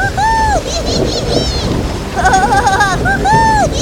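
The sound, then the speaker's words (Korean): A storm at sea roars with steady rushing rain and wind and low thunder rumbles, while arching, wavering high tones rise and fall over the noise in short phrases; a drifting boat is struck by powerful waves. “배는 몇 시간을 떠다니다가 폭풍우를 만나게 되었어요.”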